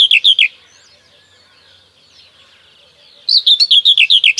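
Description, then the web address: Common whitethroat singing brief scratchy chattering bursts, one ending at the start and another starting after three seconds of quiet, faint twitters in between. "Kurs PTTK Przyroda Ptaki Cierniówka"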